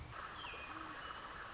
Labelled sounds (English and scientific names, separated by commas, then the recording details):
Great Horned Owl (Bubo virginianus)
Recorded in Sonoma County, California